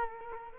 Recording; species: mosquito wingbeat signal from an infrared sensor; Culex quinquefasciatus